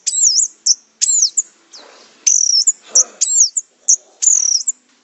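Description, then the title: Orange-headed thrush singing a series of looping, high whistled phrases with short pauses between. "Anis Merah"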